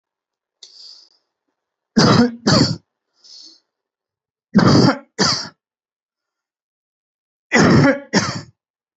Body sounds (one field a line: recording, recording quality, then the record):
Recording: heavy voluntary cough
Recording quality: excellent, no background noise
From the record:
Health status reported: healthy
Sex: male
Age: 29 years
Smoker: yes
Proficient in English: yes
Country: India